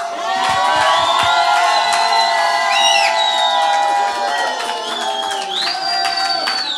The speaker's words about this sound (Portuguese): Muito bem, agora que o público já votou através de aplausos, vamos fazer uma pequena pausa de 3 minutos para que o nosso júri também dê a sua opinião e que possa estar de acordo ou não com o público.